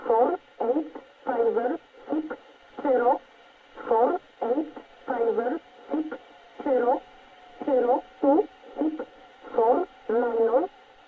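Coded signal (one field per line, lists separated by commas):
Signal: numbers station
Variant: E11 Oblique, English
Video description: 13375 kHz 1113 Number Station E11 English.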